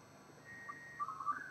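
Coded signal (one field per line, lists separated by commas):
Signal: SSTV (slow-scan television)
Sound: steady high whistle tone, then quick lower warbling tones starting a transmission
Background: radio static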